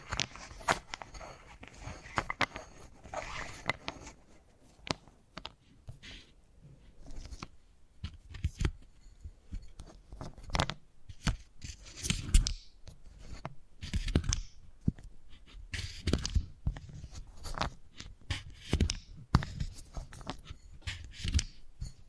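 Wooden balls click and knock in quick, irregular bursts over 22 seconds, sharp taps crowding together with brief quieter gaps between clusters.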